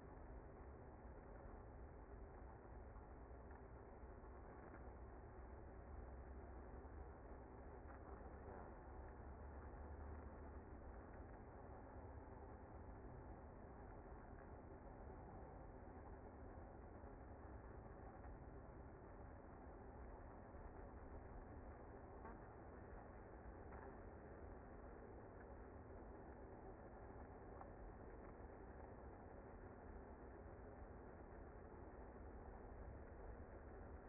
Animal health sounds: honeybee colony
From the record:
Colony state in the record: active

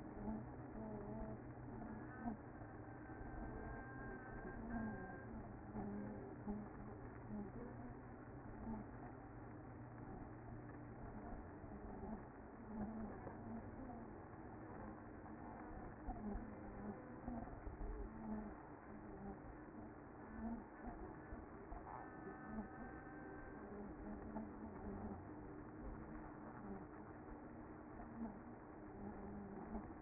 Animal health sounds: honeybee colony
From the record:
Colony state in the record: active

